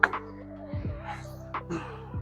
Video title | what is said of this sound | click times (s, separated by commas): Super Light Flight Scooter Review: Travel Anywhere with Just 23 lbs! | and I can push it down. It'll snap into place. | 0.0 s